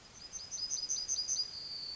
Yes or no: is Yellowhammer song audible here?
yes